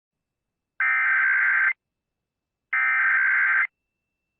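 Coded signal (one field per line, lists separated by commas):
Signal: Emergency Alert System (SAME) tones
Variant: header bursts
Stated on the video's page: Nationwide EAS test aired on KIRO-AM 710 Seattle during live baseball coverage, recorded with WM Recorder.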